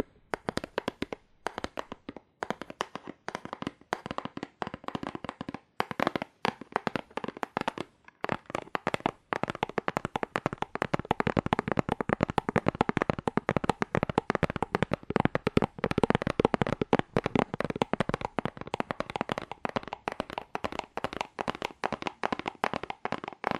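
Fast, aggressive tapping on cardboard, a dense stream of sharp dry hits with no letup. It starts a little sparser with brief gaps in the first few seconds, then becomes a near-continuous rattle of quick strikes through to the end.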